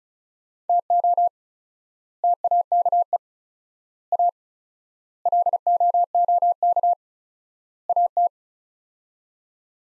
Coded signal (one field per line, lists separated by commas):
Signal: Morse code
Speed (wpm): 36 wpm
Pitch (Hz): 700 Hz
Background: none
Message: TO TAKE A LOOK AT